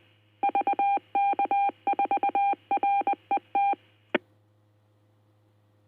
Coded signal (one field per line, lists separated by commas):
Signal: Morse code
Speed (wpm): 20 wpm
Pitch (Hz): 800 Hz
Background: none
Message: VK4RET